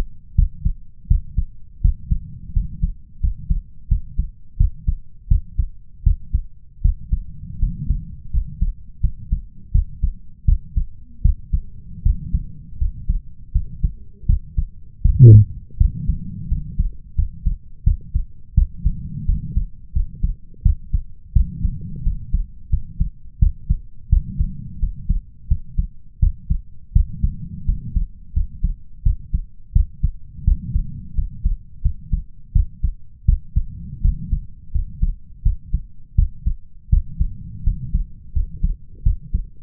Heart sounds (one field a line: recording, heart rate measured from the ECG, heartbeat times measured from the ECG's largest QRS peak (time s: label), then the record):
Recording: heart sounds by stethoscope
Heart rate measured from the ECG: 84 bpm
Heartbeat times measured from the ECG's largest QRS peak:
0.35 s: heartbeat
1.07 s: heartbeat
1.81 s: heartbeat
2.53 s: heartbeat
3.20 s: heartbeat
3.88 s: heartbeat
4.57 s: heartbeat
5.27 s: heartbeat
6.03 s: heartbeat
6.81 s: heartbeat
7.58 s: heartbeat
8.30 s: heartbeat
9.00 s: heartbeat
9.71 s: heartbeat
10.45 s: heartbeat
11.21 s: heartbeat
12.02 s: heartbeat
12.78 s: heartbeat
13.52 s: heartbeat
14.26 s: heartbeat
15.01 s: heartbeat
15.77 s: heartbeat
16.48 s: heartbeat
17.15 s: heartbeat
17.83 s: heartbeat
18.54 s: heartbeat
19.25 s: heartbeat
19.92 s: heartbeat
20.62 s: heartbeat
21.32 s: heartbeat
22.03 s: heartbeat
22.69 s: heartbeat
23.39 s: heartbeat
24.09 s: heartbeat
24.79 s: heartbeat
25.47 s: heartbeat
26.19 s: heartbeat
26.92 s: heartbeat
27.65 s: heartbeat
28.33 s: heartbeat
29.02 s: heartbeat
29.72 s: heartbeat
30.44 s: heartbeat
31.14 s: heartbeat
31.81 s: heartbeat
32.52 s: heartbeat
33.25 s: heartbeat
34.01 s: heartbeat
34.71 s: heartbeat
35.42 s: heartbeat
36.15 s: heartbeat
36.89 s: heartbeat
37.63 s: heartbeat
38.32 s: heartbeat
39.02 s: heartbeat
From the record:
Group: healthy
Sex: male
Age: 21 years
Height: 180 cm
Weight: 67.5 kg